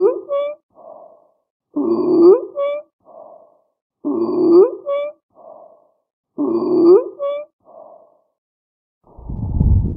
Respiratory stridor.